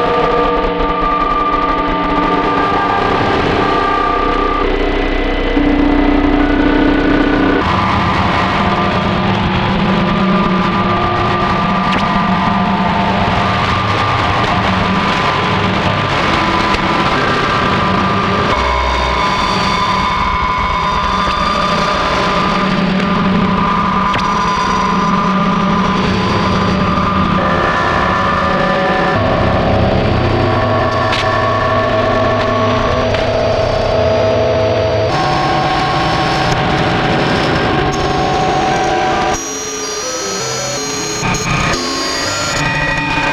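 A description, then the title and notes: Shortwave radio tuned across a busy band, a dense, steady wash of hiss and crackle laced with sustained whistling tones at several pitches. The sound shifts abruptly every few seconds as the dial moves, with sharper, brighter jumps near the end. This recording was made in Summer 2014 at 2am, sitting on the rooftop on a house in Mallorca. The radio was tuned to the 19 meters band.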